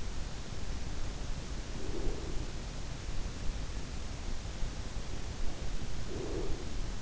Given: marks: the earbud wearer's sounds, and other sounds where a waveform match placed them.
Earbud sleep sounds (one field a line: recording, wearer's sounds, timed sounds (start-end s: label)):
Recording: sounds in sleep by an in-ear microphone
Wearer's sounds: breath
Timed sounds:
1.18-2.79 s: breath
5.83-7.02 s: breath